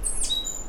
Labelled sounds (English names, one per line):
Stitchbird song